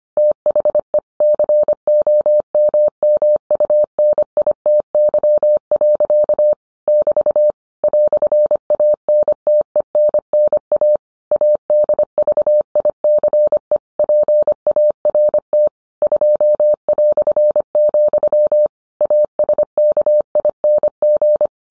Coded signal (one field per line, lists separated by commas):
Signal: Morse code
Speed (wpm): 25 wpm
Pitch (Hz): 600 Hz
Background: none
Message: THE COMMUNITY. <BT> "ANTENNA ADVICE PART 2", ASKING